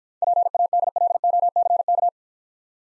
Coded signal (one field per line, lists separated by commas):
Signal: Morse code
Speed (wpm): 50 wpm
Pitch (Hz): 700 Hz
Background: none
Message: PADLOCK